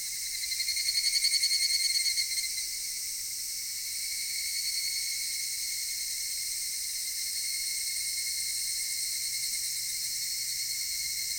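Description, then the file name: A cicada's pulsing, rattling buzz for about two seconds, then a flat, even, high-pitched drone of insects continuing to the end. Recorded in Japan. "Cigales nippon"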